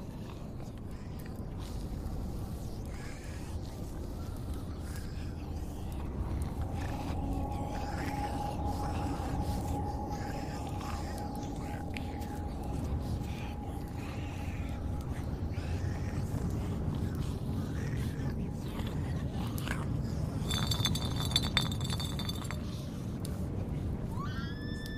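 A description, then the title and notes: A zombie apocalypse ambience: a steady low rumble with a long droning tone midway, scattered clinks and rattling bursts around twenty seconds. Zombie apocalypse ASMR Ambience.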